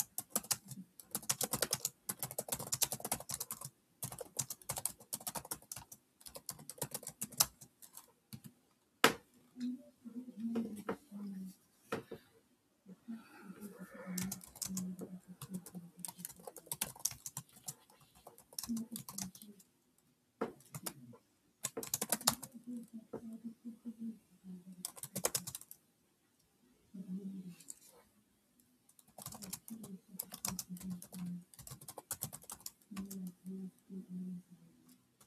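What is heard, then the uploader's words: Keyboard typing, with a rapid, dense run of crisp key clicks filling the first nine seconds. After that the clicking thins to scattered bursts, and a low murmuring voice runs in stretches through the rest, broken by short pauses. Another typing-ASMR.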